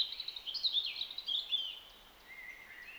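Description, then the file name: European robin song: thin, high, rapid twittering phrases with quick slurred notes, then a softer, lower drawn-out whistle near the end. "Erithacus rubecula"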